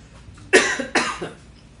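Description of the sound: Two quick, harsh coughs from an adult man come less than half a second apart. Each starts abruptly, is loud, and carries a noisy, throaty quality before fading in a quiet room. These are plain throat-clearing coughs from a voice worn out by yelling too much at a hockey game the night before.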